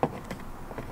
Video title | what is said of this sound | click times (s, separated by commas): HOW TO INSTALL REAR DOOR SPEAKERS 2016+ TACOMA TACOMA - IS IT WORTH IT??? | and pull up the whole panel and it pops off just like that | 0.0 s